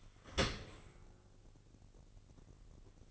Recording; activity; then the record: daily activity, microphone in the room; open dishwasher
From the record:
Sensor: 4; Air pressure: 1013.2 hPa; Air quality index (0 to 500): 177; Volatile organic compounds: 2 ppm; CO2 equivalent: 1111 ppm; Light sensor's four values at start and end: 69/170/70/71 and 67/167/69/70